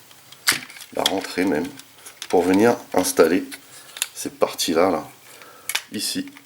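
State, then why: Not seated. A plastic transformation part is handled and moved toward its slot in the body of an MPM-13 Decepticon Blackout action figure during transformation, with a few brief plastic handling ticks near the start while someone talks. The clip ends before the part goes home, so nothing has seated or clicked yet.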